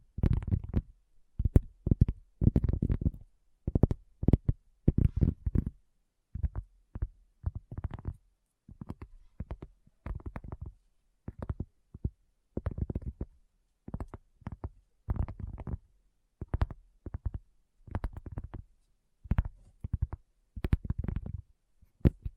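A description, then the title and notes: Tapping in quick, uneven bursts with short silences between, each tap a dull low thud with a crisp bright edge, continuing throughout. ASMR Addictive Tapping.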